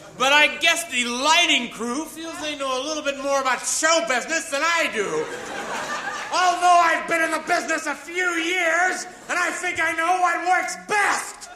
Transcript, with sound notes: But I guess the lighting crew feels they know a little bit more about show business than I do. (LAUGHTER) Although I've been in the business a few years. And I think I know what works best.